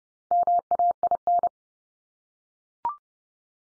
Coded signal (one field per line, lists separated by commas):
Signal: Morse code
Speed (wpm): 28 wpm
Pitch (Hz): 700 Hz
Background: none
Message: MAIN